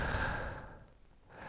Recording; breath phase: one breath near a microphone; exhalation